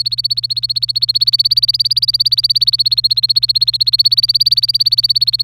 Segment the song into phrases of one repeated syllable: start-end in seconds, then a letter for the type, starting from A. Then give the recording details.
0.00-5.43 A. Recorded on 27 April 2018 at 15:32. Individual llb3